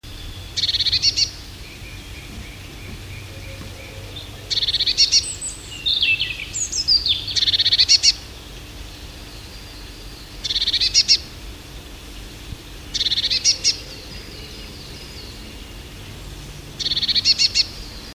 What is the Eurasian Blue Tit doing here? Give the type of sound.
call